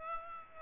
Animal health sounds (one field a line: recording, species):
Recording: mosquito wingbeat signal from an infrared sensor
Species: Aedes aegypti